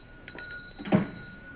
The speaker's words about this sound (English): The phone, Will?